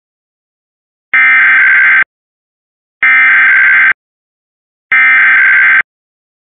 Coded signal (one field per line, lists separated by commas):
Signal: Emergency Alert System (SAME) tones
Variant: header bursts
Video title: "happy Friday" - EAS Capture